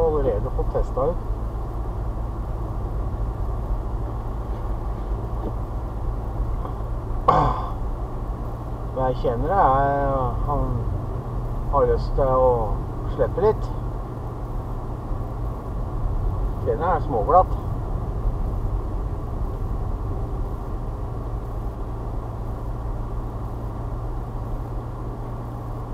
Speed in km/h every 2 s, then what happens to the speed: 39, 39, 39, 40, 41, 41, 41, 42, 40, 41, 40, 41, 41.
0-26 steady at about 41.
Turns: none.